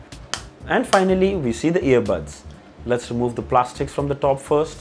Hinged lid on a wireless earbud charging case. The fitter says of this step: let's flip open the cap nice satisfying click